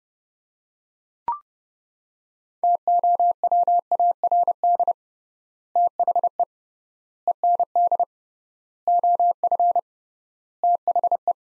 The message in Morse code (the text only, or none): TOWARD THE END OF THE